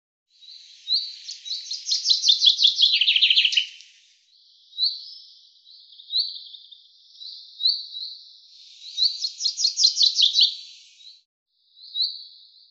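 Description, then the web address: Common chaffinch song, descending rattling trills with an end flourish, repeated twice with softer scattered high notes between phrases. "Deverinetal 2025 File cleaned normalized Bird Fr Co"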